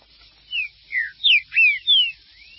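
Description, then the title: Green-winged saltator singing a brisk phrase of five sweet, descending whistled notes, each slurring downward, in a quiet setting. "Trinca Ferro"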